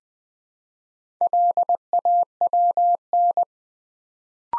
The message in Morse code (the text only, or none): LAWN